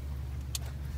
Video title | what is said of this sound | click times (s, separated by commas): Radiator replacement 2013 Dodge Durango @mobeatsmo #dodge #mopar #durango | so I'm gonna go ahead and get her snapped back in and | 0.5 s